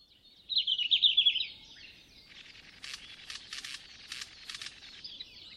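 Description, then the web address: Red-flanked bluetail song: one short, high, twittering warbled phrase of about a second, followed by quieter scattered clicks and rustling noise. Recorded in Shiga, Japan, on 27 April 2016. "koe ruribitaki 160427 shiga cyberforest"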